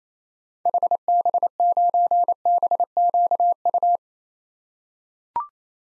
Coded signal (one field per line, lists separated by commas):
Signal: Morse code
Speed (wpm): 28 wpm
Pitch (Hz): 700 Hz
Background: none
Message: HB9BQU